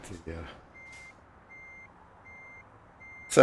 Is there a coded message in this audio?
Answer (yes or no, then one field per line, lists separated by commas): no